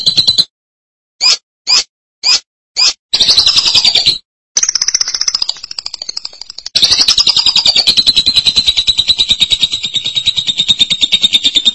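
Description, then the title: Lovebird song: a few sharp chirps, then bouts of fast, scratchy chattering that grow into a long continuous buzzing trill. "BM Suara Burung Lovebird"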